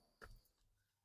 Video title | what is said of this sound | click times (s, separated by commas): இனி carla Long drive போன கழுத்து வலி இல்லை ஆ⁉️ FOVERA Car Neck Rest Pillows | lock ஆயிடுச்சு | 0.2 s